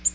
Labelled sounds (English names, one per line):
Nashville Warbler flight call